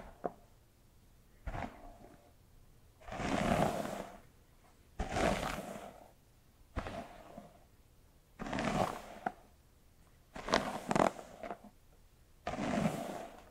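Hair brushing and scalp handling come in short scratchy bursts of about a second, roughly every one to two seconds, with quiet gaps between.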